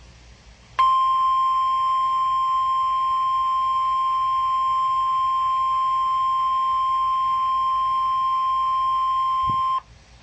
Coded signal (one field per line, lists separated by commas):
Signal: Emergency Alert System (SAME) tones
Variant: 1050 Hz attention tone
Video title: (Original Footage) EAS Alerts #49 & 50 Double Header #2 (Tornado Warnings #5 & 6) 7/31/18